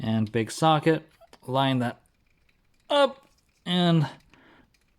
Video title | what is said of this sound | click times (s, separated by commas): DRAGON BALL Z: SH FIGUARTS - RECOOME | make sure that fits i think it clicked in all the way didn't really click but | none